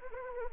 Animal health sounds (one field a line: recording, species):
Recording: mosquito wingbeat signal from an infrared sensor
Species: Anopheles arabiensis